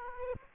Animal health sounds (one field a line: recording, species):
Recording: mosquito wingbeat signal from an infrared sensor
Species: Aedes aegypti